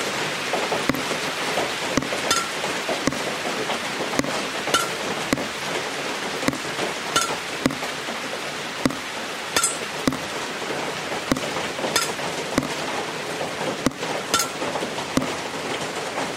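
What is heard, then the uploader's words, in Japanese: Water drops fall onto a plate, each one a sharp tap landing at a fairly regular pace, close to once a second. A steady, rain-like hiss runs underneath throughout, and a few drops ring out brighter, with a clear ping around the tenth and fourteenth seconds. 雨漏り。梅雨の6月。とりあえずその辺にあるお皿で水滴受け、お皿がいっぱいになったら他のお皿に変え。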